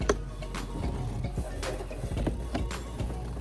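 A plastic cabin air filter cover on a Lexus IS250-IS350 is pushed back into its filter housing behind the glovebox and clicks in at 0.1 s, showing it is seated rather than left floating around. Softer clicks and taps follow at about 0.6, 2.3, 2.6 and 2.7 s over faint background music.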